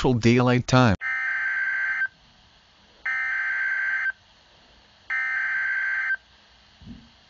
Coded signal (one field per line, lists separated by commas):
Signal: Emergency Alert System (SAME) tones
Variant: header bursts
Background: speech